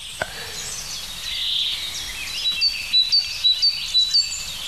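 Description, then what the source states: Great tit song: a clear, high two-note phrase repeated about twice a second in the second half, over faint background birdsong. Song described as bright, clear and pure, the brightest among the tits.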